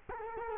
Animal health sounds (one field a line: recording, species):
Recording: mosquito wingbeat signal from an infrared sensor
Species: Culex quinquefasciatus